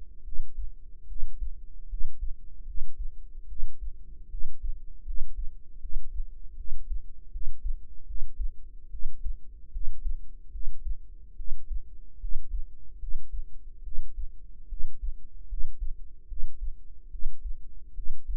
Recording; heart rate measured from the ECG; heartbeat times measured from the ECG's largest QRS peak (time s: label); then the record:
heart sounds by microphone in the right ear; 75 bpm
0.23 s: heartbeat
1.07 s: heartbeat
1.88 s: heartbeat
2.65 s: heartbeat
3.47 s: heartbeat
4.29 s: heartbeat
5.04 s: heartbeat
5.79 s: heartbeat
6.55 s: heartbeat
7.30 s: heartbeat
8.05 s: heartbeat
8.89 s: heartbeat
9.71 s: heartbeat
10.50 s: heartbeat
11.35 s: heartbeat
12.19 s: heartbeat
12.98 s: heartbeat
13.82 s: heartbeat
14.68 s: heartbeat
15.47 s: heartbeat
16.27 s: heartbeat
17.10 s: heartbeat
17.94 s: heartbeat
From the record:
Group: healthy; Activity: rest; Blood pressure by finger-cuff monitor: 96/54 mmHg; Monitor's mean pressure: 67 mmHg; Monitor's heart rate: 75 bpm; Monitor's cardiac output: 7 L/min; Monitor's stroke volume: 96 mL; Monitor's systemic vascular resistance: 700 dyn s/cm5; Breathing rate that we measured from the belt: 22 breaths a minute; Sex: female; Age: 19 years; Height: 163 cm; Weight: 48.9 kg